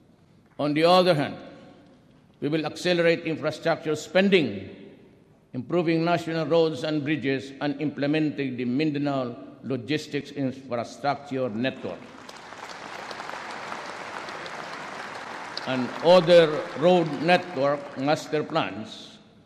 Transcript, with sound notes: On the other hand, we will accelerate infrastructure spending by improving national roads and bridges and implementing the Mindanao Logistics Infrastructure Network [applause] and other road network master plans.